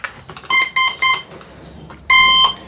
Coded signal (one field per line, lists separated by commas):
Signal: none